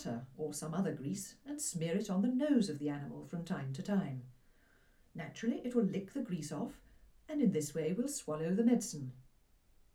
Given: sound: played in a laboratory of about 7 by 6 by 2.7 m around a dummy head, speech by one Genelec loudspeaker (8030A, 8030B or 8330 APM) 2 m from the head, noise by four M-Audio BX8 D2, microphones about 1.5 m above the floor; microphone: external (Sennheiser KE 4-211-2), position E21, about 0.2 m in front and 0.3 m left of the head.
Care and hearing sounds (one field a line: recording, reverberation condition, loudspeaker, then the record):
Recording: female speech in English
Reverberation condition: low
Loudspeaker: 90 degrees to the right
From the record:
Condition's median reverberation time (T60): about 310 ms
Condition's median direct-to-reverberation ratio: about 3.5 dB